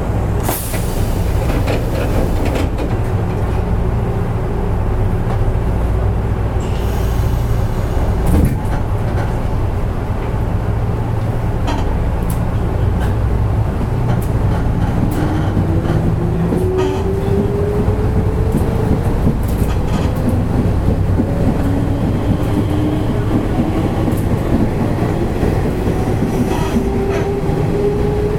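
Running sound from inside a train car: a steady, dense low rumble of wheels and motors fills the whole clip. From about 14 seconds a rising motor whine climbs gradually as the train accelerates, with occasional clicks and knocks from the track.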